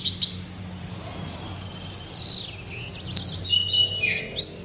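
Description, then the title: Orange-headed thrush giving high sweeping whistles, slurred descending notes and a few sharp chirps, with a faint low hum behind. "Anis Merah"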